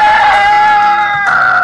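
A loud, sustained rooster crow with a bright, strained harmonic tone, holding steady before a brief catch and a final drawn-out stretch, with no talking over it.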